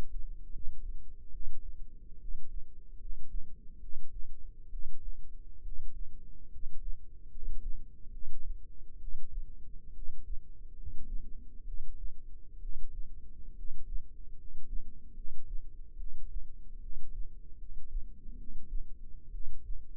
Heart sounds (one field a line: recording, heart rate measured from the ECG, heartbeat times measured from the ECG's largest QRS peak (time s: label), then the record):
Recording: heart sounds by microphone in the left ear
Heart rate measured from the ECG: 70 bpm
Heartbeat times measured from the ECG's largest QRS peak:
0.48 s: heartbeat
1.28 s: heartbeat
2.16 s: heartbeat
2.96 s: heartbeat
3.77 s: heartbeat
4.67 s: heartbeat
5.60 s: heartbeat
6.47 s: heartbeat
7.27 s: heartbeat
8.08 s: heartbeat
8.95 s: heartbeat
9.90 s: heartbeat
10.72 s: heartbeat
11.61 s: heartbeat
12.56 s: heartbeat
13.52 s: heartbeat
14.33 s: heartbeat
15.11 s: heartbeat
15.94 s: heartbeat
16.77 s: heartbeat
17.55 s: heartbeat
18.33 s: heartbeat
19.28 s: heartbeat
From the record:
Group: healthy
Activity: rest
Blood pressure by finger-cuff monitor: 104/58 mmHg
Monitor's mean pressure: 68 mmHg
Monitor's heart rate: 74 bpm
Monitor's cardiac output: 8 L/min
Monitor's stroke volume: 111 mL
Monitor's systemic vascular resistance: 590 dyn s/cm5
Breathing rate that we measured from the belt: 16 breaths a minute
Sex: male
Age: 22 years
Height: 185 cm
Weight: 112.4 kg